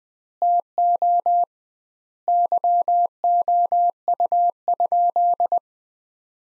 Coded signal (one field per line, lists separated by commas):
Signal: Morse code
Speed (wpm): 20 wpm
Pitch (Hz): 700 Hz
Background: none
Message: TO YOU?